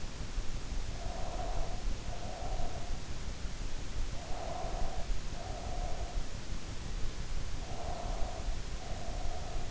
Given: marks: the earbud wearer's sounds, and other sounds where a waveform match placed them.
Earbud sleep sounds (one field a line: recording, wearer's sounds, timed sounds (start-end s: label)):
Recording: sounds in sleep by an in-ear microphone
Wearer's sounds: breath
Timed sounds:
0.81-3.12 s: breath
3.85-6.42 s: breath
7.54-9.71 s: breath